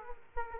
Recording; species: mosquito wingbeat signal from an infrared sensor; Aedes aegypti